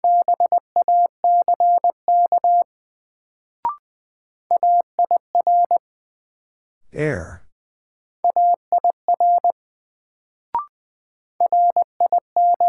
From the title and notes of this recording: First, the word is sent in Morse code. Then it is spoken.